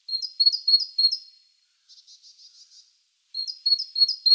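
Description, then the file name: Great tit song: four quick two-note phrases, then a short burst of soft buzzy notes, then the ringing phrases start again. "Parus major"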